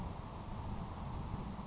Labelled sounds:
Grasshopper Sparrow

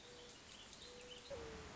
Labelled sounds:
Mourning Dove

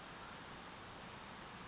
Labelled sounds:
Brown Creeper

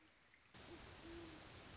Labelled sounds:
Great Horned Owl

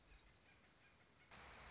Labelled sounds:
Orange-crowned Warbler

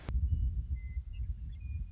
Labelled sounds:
Western Meadowlark

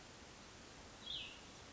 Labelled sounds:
Cassin's Vireo

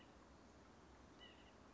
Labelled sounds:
White-breasted Nuthatch

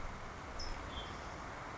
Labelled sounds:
California Towhee

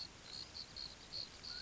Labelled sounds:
Mountain Quail

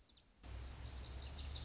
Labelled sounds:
Lazuli Bunting

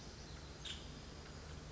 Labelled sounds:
Nuttall's Woodpecker

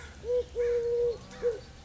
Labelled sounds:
Eurasian Collared Dove

